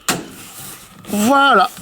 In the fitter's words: on en entend à chaque fois ça s'enclenche voilà